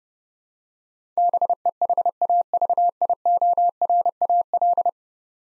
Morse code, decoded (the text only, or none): BEHAVIORAL